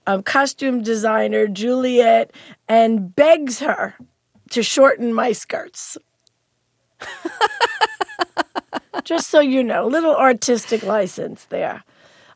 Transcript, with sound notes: costume designer, Juliet, and begs her to shorten my skirts.
(Laughter).
Just so you know - a little artistic license there.